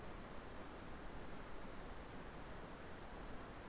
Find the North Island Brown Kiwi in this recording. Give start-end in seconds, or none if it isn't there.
none